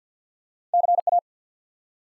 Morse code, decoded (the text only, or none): CA